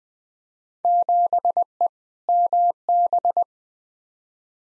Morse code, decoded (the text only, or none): 7E MB